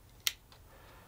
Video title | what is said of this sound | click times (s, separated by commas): Canon R50 - Quick Start Guide for Beginners - Get Up and Running Fast! | That click is the lens mount pin, and you can release the lens by hitting this button here. | 0.3 s